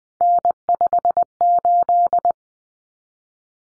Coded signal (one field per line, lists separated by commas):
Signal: Morse code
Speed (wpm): 20 wpm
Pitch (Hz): 700 Hz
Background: none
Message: N58